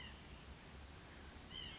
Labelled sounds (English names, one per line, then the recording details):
White-breasted Nuthatch
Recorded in Sonoma County, California